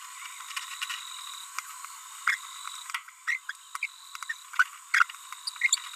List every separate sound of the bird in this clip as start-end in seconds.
2.27-2.35, 3.27-3.37, 3.49-3.52, 3.83-3.86, 4.30-4.33, 4.94-5.05, 5.47-5.49, 5.62-5.78